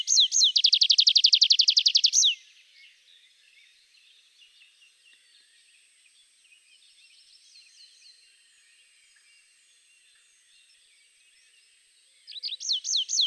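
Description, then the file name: Tree pipit song: a loud, fast trill of high, slurred notes for two seconds, a faint twittering stretch, then another run of repeated notes starting at the end. "Pipit des arbres"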